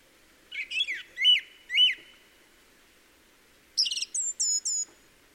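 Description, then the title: Song thrush song: a few notes ending with a sharp note given twice, a pause, then a higher phrase repeated three times. Song thrush recorded in the Peak District during lockdown; the source calls it the longest unbroken thrush song ever heard. "Thrush and wren, Peak District"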